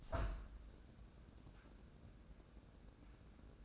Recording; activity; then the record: daily activity, microphone in the room; open window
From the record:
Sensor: 2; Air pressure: 1012.1 hPa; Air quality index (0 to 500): 84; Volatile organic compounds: 1 ppm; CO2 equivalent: 661 ppm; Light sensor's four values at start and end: 176/421/179/187 and 178/423/181/191